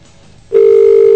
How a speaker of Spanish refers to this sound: Es el tono telefónico. Sí, sí, sí. Por supuesto. Otro tono. Otro tono telefónico.